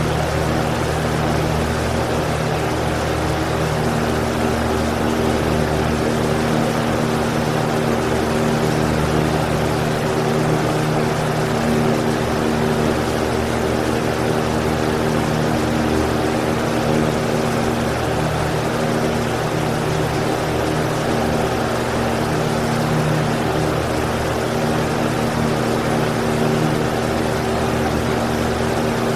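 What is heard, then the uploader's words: A desktop fan runs on high speed, a steady, dense whoosh that holds even for the whole half minute. Its low motor hum and a few fixed whining tones sit under the airy rush, with a slight fluttering throb in the deep end. High Speed Desk Fan. Uninterrupted fan noise on high speed. Desktop fan in front of a window.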